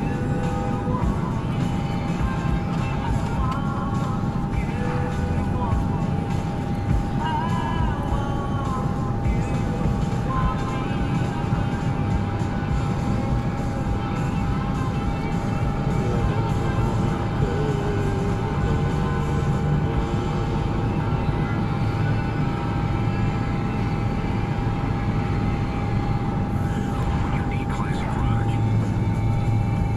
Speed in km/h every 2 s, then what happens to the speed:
89, 84, 84, 85, 87, 87, 84, 84, 85, 87, 87, 87, 81, 85, 87.
0-30 steady at about 85.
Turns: none.